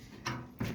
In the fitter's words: it's closed good